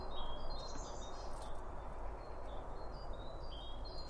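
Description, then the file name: Birds twittering in rapid short high notes and a brief buzzy burst, over a strong steady low rumble. Birds around a bird feeder; recorded with two Line Audio OM1 microphones. "Birds Around Birdfeeding With Two Om 1 From Line Audio"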